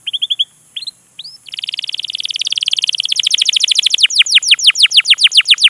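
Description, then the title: Canary song: a few quick chirps, then a long rapid rattling trill that grows louder and shifts to sweeping repeated notes, over a steady high hiss. Canary lure recording to prompt canaries to sing, featuring long, continuous vigorous singing. "PANCINGAN Kenari GACOR PANJANG. Pancingan Gacor Masteran"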